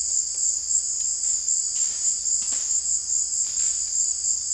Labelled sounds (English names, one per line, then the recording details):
none
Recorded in dense forest near Puerto Asís, Putumayo, Colombia, on 20 February 2024 at 17:30
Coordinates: 0.485, -76.325
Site G6429